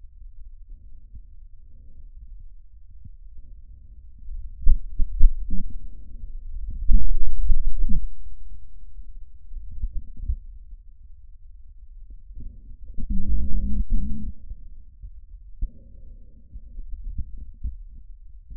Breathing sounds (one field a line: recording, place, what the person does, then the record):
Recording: lung sounds by stethoscope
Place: trachea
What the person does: quiet breathing, then cough and speech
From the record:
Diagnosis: interstitial lung disease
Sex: female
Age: 53 years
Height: 168 cm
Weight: 108 kg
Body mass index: 38.3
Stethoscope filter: bell mode